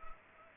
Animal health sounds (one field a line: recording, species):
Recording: mosquito wingbeat signal from an infrared sensor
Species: Culex pipiens